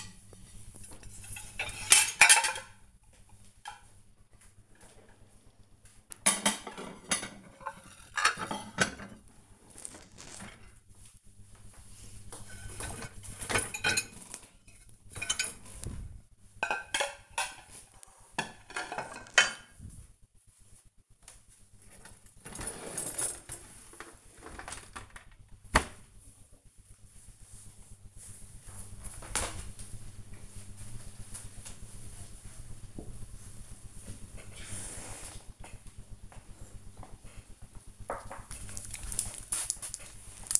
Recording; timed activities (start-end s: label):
household activities, microphone on the right wrist
0.00-23.46 s: cleaning out the dishwasher
35.54-40.60 s: window cleaning